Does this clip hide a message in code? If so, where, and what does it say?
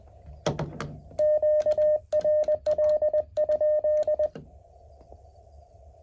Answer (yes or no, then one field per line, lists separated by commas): yes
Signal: Morse code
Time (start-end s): 0.4-4.3 s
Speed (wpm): 20 wpm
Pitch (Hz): 610 Hz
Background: none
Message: E QRL?